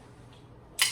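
The plastic buckle of the waist strap on a Milwaukee M18 3-in-1 Backpack Vacuum's harness is fastened. After a faint low hiss, a short, bright snap is heard at 0.8 s as the buckle clicks shut and seats.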